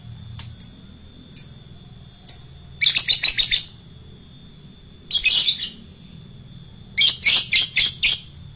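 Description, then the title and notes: Lovebird song: a few isolated high chirps, then three bursts of fast, harsh, buzzy chattering separated by pauses, over a faint steady hum. Adult fighter lovebird. "LOVEBIRD FIGTER. Lovebird Dewasa"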